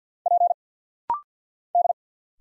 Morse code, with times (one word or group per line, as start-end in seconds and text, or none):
0.3-0.5 P
1.7-1.9 D